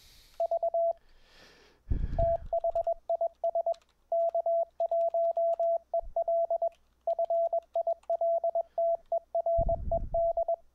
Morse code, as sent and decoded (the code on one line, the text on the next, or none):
...- / - .... .. ... / -.- .---- . .-.. / ..-. .. .-.. - . .-. . -..
V THIS K1EL FILTERED